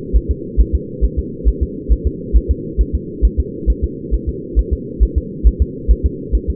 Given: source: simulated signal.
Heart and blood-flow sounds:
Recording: fetal heart sounds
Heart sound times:
0.16 s: S1
0.31 s: S2
0.60 s: S1
0.75 s: S2
1.04 s: S1
1.19 s: S2
1.48 s: S1
1.63 s: S2
1.92 s: S1
2.07 s: S2
2.36 s: S1
2.51 s: S2
2.81 s: S1
2.95 s: S2
3.25 s: S1
3.40 s: S2
3.70 s: S1
3.84 s: S2
4.14 s: S1
4.29 s: S2
4.59 s: S1
4.73 s: S2
5.03 s: S1
5.18 s: S2
5.47 s: S1
5.62 s: S2
5.91 s: S1
6.06 s: S2
6.35 s: S1
6.50 s: S2
From the record:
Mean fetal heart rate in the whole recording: 135 bpm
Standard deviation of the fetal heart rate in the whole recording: 3 bpm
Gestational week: 34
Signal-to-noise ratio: -4.1 dB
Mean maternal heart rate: no maternal heart sound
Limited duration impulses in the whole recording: absent

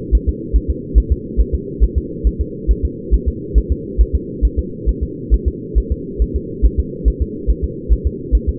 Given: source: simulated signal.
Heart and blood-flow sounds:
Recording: fetal heart sounds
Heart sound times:
0.15 s: S1
0.29 s: S2
0.56 s: S1
0.70 s: S2
0.98 s: S1
1.12 s: S2
1.41 s: S1
1.54 s: S2
1.84 s: S1
1.98 s: S2
2.27 s: S1
2.41 s: S2
2.71 s: S1
2.85 s: S2
3.14 s: S1
3.28 s: S2
3.58 s: S1
3.72 s: S2
4.01 s: S1
4.15 s: S2
4.45 s: S1
4.59 s: S2
4.89 s: S1
5.03 s: S2
5.34 s: S1
5.48 s: S2
5.78 s: S1
5.92 s: S2
6.22 s: S1
6.36 s: S2
6.66 s: S1
6.79 s: S2
7.08 s: S1
7.22 s: S2
7.50 s: S1
7.64 s: S2
7.93 s: S1
8.07 s: S2
8.35 s: S1
8.49 s: S2
From the record:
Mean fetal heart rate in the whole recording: 140 bpm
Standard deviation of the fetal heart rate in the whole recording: 2 bpm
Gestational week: 34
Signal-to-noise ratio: -4.1 dB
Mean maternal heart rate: no maternal heart sound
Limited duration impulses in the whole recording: absent

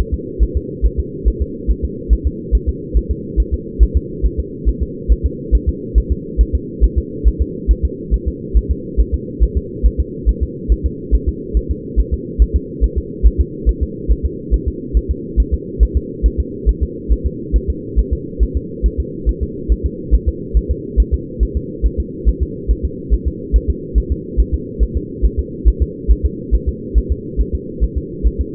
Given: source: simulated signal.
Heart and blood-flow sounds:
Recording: fetal heart sounds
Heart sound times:
0.14 s: S2
0.43 s: S1
0.57 s: S2
0.85 s: S1
1.00 s: S2
1.28 s: S1
1.42 s: S2
1.71 s: S1
1.84 s: S2
2.13 s: S1
2.27 s: S2
2.55 s: S1
2.69 s: S2
2.97 s: S1
3.11 s: S2
3.40 s: S1
3.54 s: S2
3.83 s: S1
3.97 s: S2
4.25 s: S1
4.40 s: S2
4.69 s: S1
4.83 s: S2
5.12 s: S1
5.26 s: S2
5.55 s: S1
5.69 s: S2
5.98 s: S1
6.12 s: S2
6.41 s: S1
6.55 s: S2
6.84 s: S1
6.98 s: S2
7.28 s: S1
7.42 s: S2
7.71 s: S1
7.85 s: S2
8.14 s: S1
8.28 s: S2
8.57 s: S1
8.71 s: S2
9.00 s: S1
9.14 s: S2
9.43 s: S1
9.57 s: S2
9.86 s: S1
10.00 s: S2
10.29 s: S1
10.43 s: S2
10.72 s: S1
10.86 s: S2
11.15 s: S1
11.29 s: S2
11.57 s: S1
11.71 s: S2
12.00 s: S1
12.14 s: S2
12.42 s: S1
12.56 s: S2
12.84 s: S1
12.98 s: S2
13.26 s: S1
13.41 s: S2
13.69 s: S1
13.83 s: S2
14.11 s: S1
14.25 s: S2
14.54 s: S1
14.68 s: S2
14.97 s: S1
15.11 s: S2
15.40 s: S1
15.54 s: S2
15.83 s: S1
15.97 s: S2
16.26 s: S1
16.40 s: S2
16.69 s: S1
16.83 s: S2
17.12 s: S1
17.26 s: S2
17.56 s: S1
17.70 s: S2
17.99 s: S1
18.13 s: S2
18.43 s: S1
18.57 s: S2
18.86 s: S1
19.00 s: S2
19.29 s: S1
19.43 s: S2
19.72 s: S1
19.86 s: S2
20.15 s: S1
20.28 s: S2
20.57 s: S1
20.71 s: S2
21.00 s: S1
21.14 s: S2
21.43 s: S1
21.57 s: S2
21.86 s: S1
22.00 s: S2
22.28 s: S1
22.43 s: S2
22.71 s: S1
22.85 s: S2
23.14 s: S1
23.28 s: S2
23.56 s: S1
23.70 s: S2
23.98 s: S1
24.12 s: S2
24.40 s: S1
24.54 s: S2
24.83 s: S1
24.97 s: S2
25.25 s: S1
25.39 s: S2
25.68 s: S1
25.82 s: S2
26.11 s: S1
26.25 s: S2
26.54 s: S1
26.69 s: S2
26.98 s: S1
27.12 s: S2
27.41 s: S1
27.55 s: S2
27.84 s: S1
27.98 s: S2
28.27 s: S1
28.41 s: S2
From the record:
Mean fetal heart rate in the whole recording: 140 bpm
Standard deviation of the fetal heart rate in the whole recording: 2 bpm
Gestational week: 34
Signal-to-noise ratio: -4.1 dB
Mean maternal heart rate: no maternal heart sound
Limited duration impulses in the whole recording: absent

